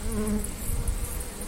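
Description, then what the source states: Western honey bees buzzing in a steady, low drone with a continuous hum and no clear pauses. Bees at the hives of beekeeper Patrick Favert, who works on them without gloves and opens each of his 120 hives daily, Beaumont-sur-Pertuis, France.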